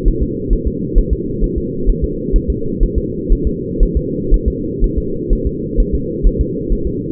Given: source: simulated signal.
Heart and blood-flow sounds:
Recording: fetal heart sounds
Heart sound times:
0.08 s: S1
0.23 s: S2
0.53 s: S1
0.67 s: S2
0.98 s: S1
1.13 s: S2
1.44 s: S1
1.58 s: S2
1.89 s: S1
2.04 s: S2
2.36 s: S1
2.50 s: S2
2.83 s: S1
2.98 s: S2
3.32 s: S1
3.47 s: S2
3.83 s: S1
3.97 s: S2
4.34 s: S1
4.48 s: S2
4.84 s: S1
4.98 s: S2
5.33 s: S1
5.47 s: S2
5.80 s: S1
5.95 s: S2
6.27 s: S1
6.41 s: S2
6.73 s: S1
6.87 s: S2
From the record:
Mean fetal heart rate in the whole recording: 130 bpm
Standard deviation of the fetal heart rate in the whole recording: 4 bpm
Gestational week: 38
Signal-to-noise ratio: -6.6 dB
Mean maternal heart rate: 72 bpm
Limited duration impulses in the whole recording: present

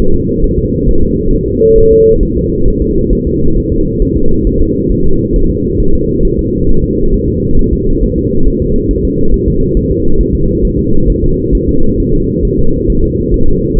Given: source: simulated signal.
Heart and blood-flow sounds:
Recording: fetal heart sounds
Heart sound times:
0.14 s: S2
0.44 s: S1
0.58 s: S2
0.89 s: S1
1.03 s: S2
1.33 s: S1
1.48 s: S2
1.78 s: S1
1.92 s: S2
2.23 s: S1
2.37 s: S2
2.68 s: S1
2.82 s: S2
3.13 s: S1
3.27 s: S2
3.57 s: S1
3.72 s: S2
4.02 s: S1
4.17 s: S2
4.47 s: S1
4.61 s: S2
4.92 s: S1
5.06 s: S2
5.36 s: S1
5.50 s: S2
5.80 s: S1
5.95 s: S2
6.25 s: S1
6.39 s: S2
6.69 s: S1
6.84 s: S2
7.14 s: S1
7.28 s: S2
7.59 s: S1
7.73 s: S2
8.03 s: S1
8.18 s: S2
8.47 s: S1
8.62 s: S2
8.91 s: S1
9.05 s: S2
9.34 s: S1
9.48 s: S2
9.77 s: S1
9.91 s: S2
10.21 s: S1
10.35 s: S2
10.65 s: S1
10.79 s: S2
11.10 s: S1
11.24 s: S2
11.55 s: S1
11.69 s: S2
12.00 s: S1
12.14 s: S2
12.45 s: S1
12.59 s: S2
12.90 s: S1
13.04 s: S2
13.34 s: S1
13.48 s: S2
13.78 s: S1
From the record:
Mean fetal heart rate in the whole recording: 135 bpm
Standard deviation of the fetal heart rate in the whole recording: 3 bpm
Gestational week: 36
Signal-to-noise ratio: -19.1 dB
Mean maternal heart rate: 72 bpm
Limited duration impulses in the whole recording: present

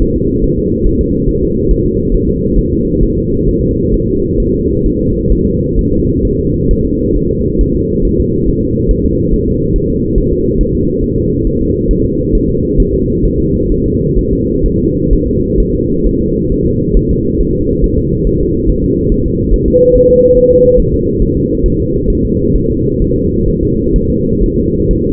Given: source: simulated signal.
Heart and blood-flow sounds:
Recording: fetal heart sounds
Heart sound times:
0.02 s: S1
0.16 s: S2
0.44 s: S1
0.59 s: S2
0.86 s: S1
1.01 s: S2
1.29 s: S1
1.43 s: S2
1.71 s: S1
1.86 s: S2
2.14 s: S1
2.29 s: S2
2.58 s: S1
2.73 s: S2
3.03 s: S1
3.18 s: S2
3.49 s: S1
3.63 s: S2
3.94 s: S1
4.09 s: S2
4.40 s: S1
4.55 s: S2
4.86 s: S1
5.01 s: S2
5.33 s: S1
5.47 s: S2
5.79 s: S1
5.93 s: S2
6.25 s: S1
6.39 s: S2
6.71 s: S1
6.85 s: S2
7.17 s: S1
7.31 s: S2
7.61 s: S1
7.76 s: S2
8.05 s: S1
8.20 s: S2
8.48 s: S1
8.63 s: S2
8.91 s: S1
9.05 s: S2
9.33 s: S1
9.48 s: S2
9.76 s: S1
9.90 s: S2
10.18 s: S1
10.33 s: S2
10.61 s: S1
10.75 s: S2
11.04 s: S1
11.18 s: S2
11.47 s: S1
11.61 s: S2
11.91 s: S1
12.05 s: S2
12.35 s: S1
12.49 s: S2
12.80 s: S1
12.94 s: S2
13.26 s: S1
13.40 s: S2
13.72 s: S1
13.86 s: S2
14.19 s: S1
14.33 s: S2
14.66 s: S1
14.80 s: S2
15.13 s: S1
15.28 s: S2
15.60 s: S1
15.75 s: S2
16.06 s: S1
16.21 s: S2
16.52 s: S1
16.66 s: S2
16.97 s: S1
17.11 s: S2
17.41 s: S1
17.55 s: S2
17.84 s: S1
17.98 s: S2
18.27 s: S1
18.41 s: S2
18.70 s: S1
18.84 s: S2
19.12 s: S1
19.26 s: S2
19.54 s: S1
19.68 s: S2
19.95 s: S1
20.10 s: S2
20.37 s: S1
20.52 s: S2
20.80 s: S1
20.94 s: S2
21.22 s: S1
21.37 s: S2
21.66 s: S1
21.80 s: S2
22.10 s: S1
22.25 s: S2
22.56 s: S1
22.70 s: S2
23.02 s: S1
23.16 s: S2
23.49 s: S1
23.63 s: S2
23.96 s: S1
24.10 s: S2
24.43 s: S1
24.58 s: S2
24.91 s: S1
25.05 s: S2
From the record:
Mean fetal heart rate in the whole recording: 135 bpm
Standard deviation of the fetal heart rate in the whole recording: 3 bpm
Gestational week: 36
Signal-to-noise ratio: -10.2 dB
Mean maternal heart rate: 72 bpm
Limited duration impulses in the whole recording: present

